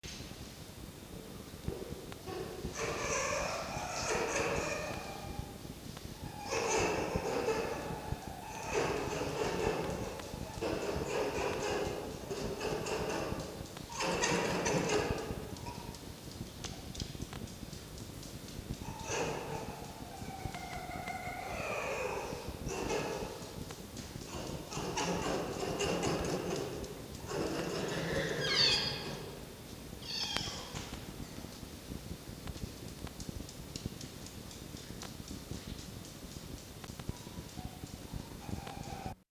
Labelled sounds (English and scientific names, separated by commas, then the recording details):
Red Fox (Vulpes vulpes)
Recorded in captivity
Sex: pair
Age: adult
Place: Zoologisches Institut der HUB, Berlin, DE
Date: 1953-04-08 17:30
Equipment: Elmetra
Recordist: Tembrock, Günter
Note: Jupp (Fleisch zutragend): Muffen (mit Fleisch), dazwischen Bellrhythmus und Winselanlaut (Phase I); Fiffi (im Kasten): Winseln